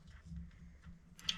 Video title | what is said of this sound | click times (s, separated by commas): Driver (LH) Sliding Door Cable Replacement - 2011-2017 Honda Odyssey | okay so you just take it till it snaps | 1.2 s, 1.3 s